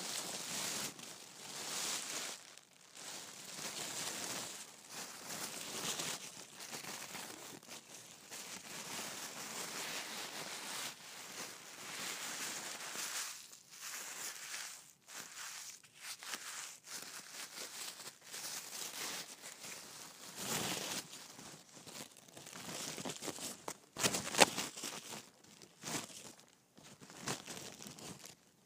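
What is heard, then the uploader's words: Gift wrapping and tissue paper rustle and crinkle almost without pause, a bright, papery hiss that rises and falls as sheets are handled. Short gaps break the sound now and then, and sharper crackles and snaps stand out near the 24-second mark and toward the end. ASMR Gift Wrapping and Tissue Paper.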